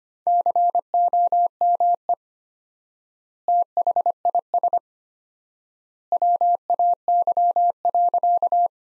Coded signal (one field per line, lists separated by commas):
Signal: Morse code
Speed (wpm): 25 wpm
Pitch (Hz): 700 Hz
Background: none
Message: COME THIS WAY.